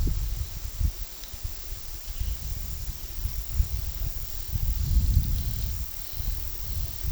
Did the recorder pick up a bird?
no